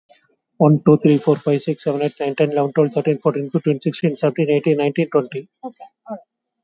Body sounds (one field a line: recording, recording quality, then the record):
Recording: counting at a fast pace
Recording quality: excellent, no background noise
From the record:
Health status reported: COVID-19 positive, no symptoms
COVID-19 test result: positive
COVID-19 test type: RT-PCR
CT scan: taken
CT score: 4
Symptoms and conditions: fever, diabetes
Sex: male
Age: 51 years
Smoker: no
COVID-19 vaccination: both doses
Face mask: worn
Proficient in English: yes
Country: India